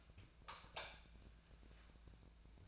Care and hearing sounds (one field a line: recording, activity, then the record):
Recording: daily activity, microphone in the room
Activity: light off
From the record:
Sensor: 2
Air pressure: 999.9 hPa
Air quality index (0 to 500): 116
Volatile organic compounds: 2 ppm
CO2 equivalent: 999 ppm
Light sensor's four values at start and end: 34/93/39/43 and 30/76/32/37